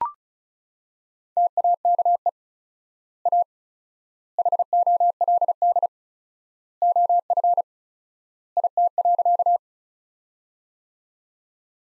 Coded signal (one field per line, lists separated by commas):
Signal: Morse code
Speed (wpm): 36 wpm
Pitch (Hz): 700 Hz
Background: none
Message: TAKE A HOLD OF IT.